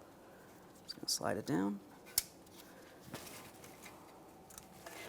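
On a 2008-2017 Mitsubishi Lancer, the plastic bracket holding the ABS wheel speed sensor wire is slid down onto the front strut so its two locking ears snap into their ports. After someone talks, sharp clicks are heard at 2.2 s and 4.6 s, one for each ear. The bracket is seated and secure.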